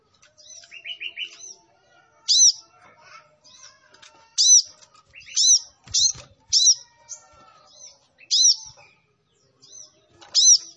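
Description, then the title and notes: Sunbird song of bright, arched high notes repeated every second or two, mixed with softer trills and a short lower warbled run. Kolibri Ninja singing actively (gacor), with full fill-in phrases and 'tembakan' bursts, used as a lure for training other birds. "MASTERAN KOLIBRI NINJA TERBAIK FULL ISIAN DAN TEMBAKAN MEWAH COCOK BUAT PANCINGAN. Suara Burung Kolibri Ninja Gacor"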